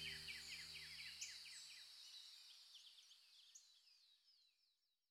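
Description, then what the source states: Birds chirping in quick, high, twittering notes, several a second, while low sustained tones fade out over the first two seconds. Birds in the morning.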